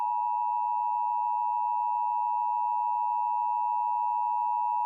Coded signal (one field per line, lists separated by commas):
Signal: Emergency Alert System (SAME) tones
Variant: 853 and 960 Hz attention tone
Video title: Sacramento Required Monthly Test (EAS #977-984) 3/3/25